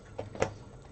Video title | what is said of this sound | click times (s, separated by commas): PC Build - Socket 370 Build - Getting the parts to work [Part 1] | and locks into place so you don't have to plug in the next trip connect it anywhere for any | 0.4 s